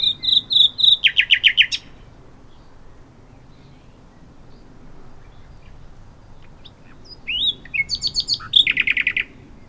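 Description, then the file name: Common nightingale singing two bursts of rapid, loud, repeated notes separated by several seconds of quiet; the second burst opens with slurred whistles. "Luscinia megarhynchos"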